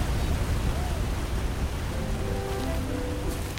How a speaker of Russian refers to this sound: Стекает небольшой водопад.